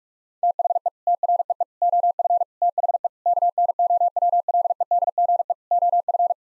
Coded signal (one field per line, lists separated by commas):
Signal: Morse code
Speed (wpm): 46 wpm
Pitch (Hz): 700 Hz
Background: none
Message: THE TREE OF THE KNOWLEDGE OF